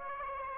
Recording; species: mosquito wingbeat signal from an infrared sensor; Aedes aegypti